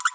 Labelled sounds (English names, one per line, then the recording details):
Green-rumped Parrotlet babbling
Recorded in a nest box in Venezuela
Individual 18B25A5